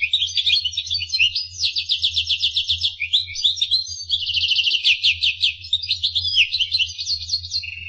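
Finch singing a continuous stream of high, rapid chirps and pulsed trills, phrases running together without a break, with a soft low hum underneath.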